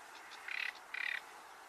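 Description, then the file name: Common nightingale calls: two quick, harsh churring rasps in close succession, each lasting about a quarter second, against a soft hiss. "Luscinia megarhynchos"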